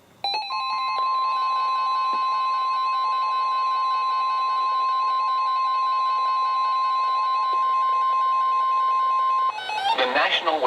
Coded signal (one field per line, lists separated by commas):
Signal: Emergency Alert System (SAME) tones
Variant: 1050 Hz attention tone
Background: speech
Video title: EAS #697-#715: YES, BUILD A BOAT! | KHB36 & KEC83